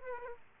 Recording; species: mosquito wingbeat signal from an infrared sensor; Aedes aegypti